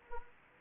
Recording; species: mosquito wingbeat signal from an infrared sensor; Anopheles gambiae